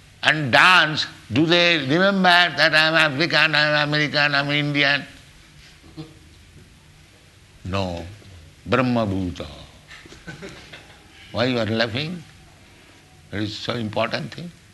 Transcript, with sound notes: and dance, do they remember that "I am African," "I am American," "I am Indian"? No. Brahma-bhūtaḥ. [devotee laughs] Why you are laughing? It is so important thing.